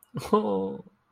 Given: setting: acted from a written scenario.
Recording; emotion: vocal sound without words; disappointment